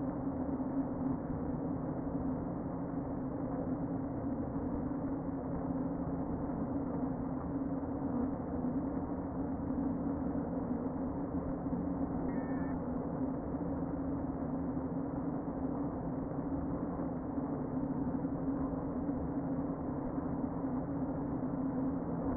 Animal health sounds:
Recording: honeybee colony, microphone inside the hive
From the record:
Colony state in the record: queen present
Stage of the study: before two queens were removed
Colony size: about 60,000 bees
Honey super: yes

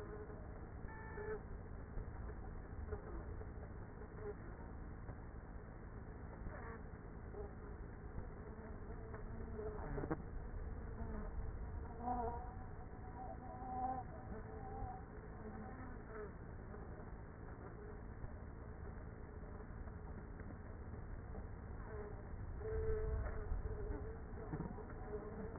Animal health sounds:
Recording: honeybee colony, microphone inside the hive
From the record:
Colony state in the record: queenless with a low population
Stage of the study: after two queens were removed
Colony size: about 30,000 bees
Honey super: no

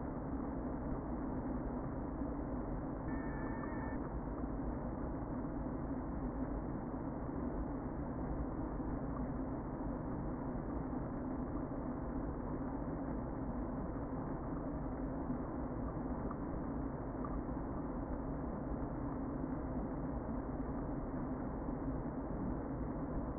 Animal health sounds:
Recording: honeybee colony, microphone inside the hive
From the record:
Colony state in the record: queen present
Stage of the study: before two queens were removed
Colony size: about 60,000 bees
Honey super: yes

